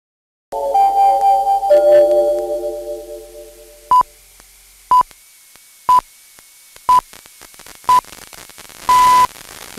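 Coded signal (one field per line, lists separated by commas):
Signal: radio time signal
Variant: six pips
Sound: brief tune fades, then five short 1 kHz pips each second and one longer pip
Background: music, radio static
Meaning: The start of the final long pip marks the exact hour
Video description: Greenwich time signal at 0:02 followed with Mayak tune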